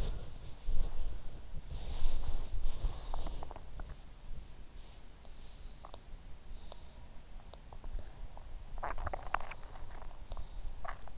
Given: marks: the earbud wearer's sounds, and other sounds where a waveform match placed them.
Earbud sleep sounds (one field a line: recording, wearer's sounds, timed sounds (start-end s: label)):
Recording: sounds in sleep by an in-ear microphone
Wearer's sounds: body movement, breath, swallowing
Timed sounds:
0.00-4.54 s: body movement
1.64-3.51 s: breath
8.73-11.18 s: swallowing